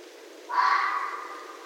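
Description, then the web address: Red fox uttering one rough, drawn-out screaming call that starts sharply and slowly fades, against low steady noise. Recorded 7 December 2011. "Red Fox 2011 12 07"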